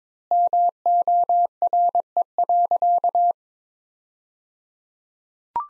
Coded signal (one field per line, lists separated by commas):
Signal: Morse code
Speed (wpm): 22 wpm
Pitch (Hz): 700 Hz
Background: none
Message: MORE.